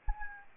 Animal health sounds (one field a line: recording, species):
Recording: mosquito wingbeat signal from an infrared sensor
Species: Anopheles arabiensis